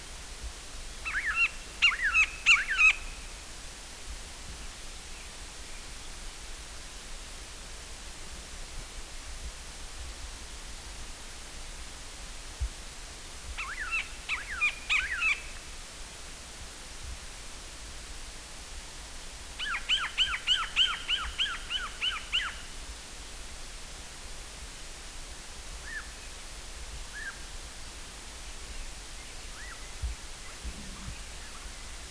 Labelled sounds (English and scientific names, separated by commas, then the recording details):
Siberian Jay (Perisoreus infaustus) call
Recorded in the wild
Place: Halbinsel Kindo, Karelien, RU
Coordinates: 66.5478, 33.0211
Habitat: taiga
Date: 1996-06-23
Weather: overcast, ca. 10 °C
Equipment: Sony TCD-D3, Sennheiser MKH 70, Windkorb
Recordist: Frommolt, Karl-Heinz